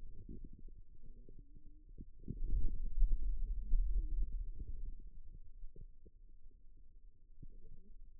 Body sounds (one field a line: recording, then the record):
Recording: forearm muscle sounds (acoustic myography)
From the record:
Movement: hand closing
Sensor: system 2, bracelet of six BSWA MPA416 microphones around the upper forearm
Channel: 1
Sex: male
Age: 22 years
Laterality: right